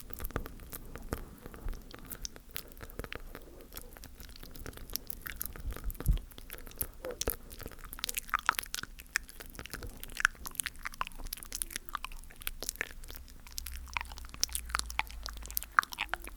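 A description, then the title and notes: Wet mouth sounds, clicks and crunchy chewing snaps come in dense, irregular bursts throughout, over a faint low hum. ASMR Tingly ASF$K Mouth Sounds.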